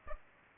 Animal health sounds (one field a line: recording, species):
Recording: mosquito wingbeat signal from an infrared sensor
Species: Culex pipiens